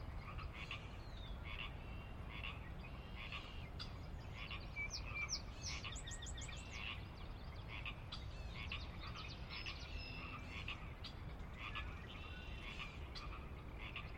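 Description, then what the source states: Pacific chorus frog chorus, many frogs giving short croaking calls throughout, with a constant low background rumble. Pacific chorus frogs, ever-present on the valley floor of a glacier-carved valley on the northeastern Cascades slope, Washington, USA; wildlife area with ranch land and refuge; recorded at dusk.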